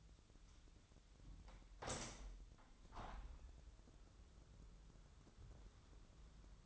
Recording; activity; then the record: daily activity, microphone in the room; open window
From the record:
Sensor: 3